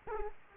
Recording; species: mosquito wingbeat signal from an infrared sensor; Culex quinquefasciatus